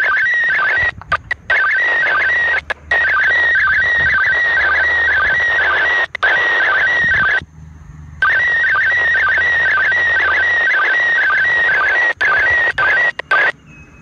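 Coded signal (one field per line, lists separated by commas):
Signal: SSTV (slow-scan television)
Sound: warbling, stepping electronic tone repeating about twice a second, with brief cutouts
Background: FM radio hiss, dropouts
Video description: รับสัญญานเสียงในระบบ SSTV เพื่อถอดรหัสเป็นภาพจากสถานีอวกาศ RS0ISS ด้วยวิทยุ นิดมือถือ รุ่น PILOT 144H สายอากาศ 10 ท่อน ความถี่ 145.8000 MHz. และถอดสัญญานภาพ ด้วยโปรแกรม Robot36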